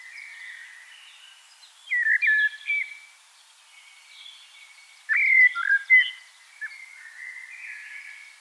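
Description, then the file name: Common blackbird singing two short, clear whistled phrases with brief twittered ends, softer warbling birdsong continuing underneath. "Turdus merula"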